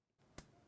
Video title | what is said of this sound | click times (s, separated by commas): Getting Started ~ Powering Up Your Badge and Cool Stuff | should be a little hook and a little clasp you shush hear a little click click | 0.4 s